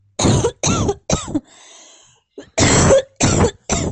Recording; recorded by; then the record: voluntary cough; messaging app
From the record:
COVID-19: negative